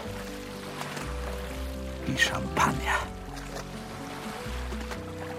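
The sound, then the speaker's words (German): Gentle water of the Sicilian sea in spring laps and washes steadily beneath a low, sustained hum, with a brief spoken phrase rising over the watery wash in the middle. “Was für ein Duft hat doch das sizilianische Meer im Frühling.”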